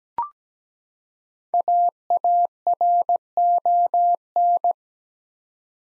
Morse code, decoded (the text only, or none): AARON